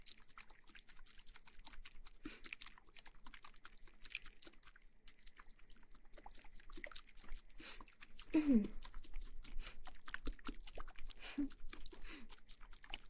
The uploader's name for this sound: Shaking water bottle & Ear massage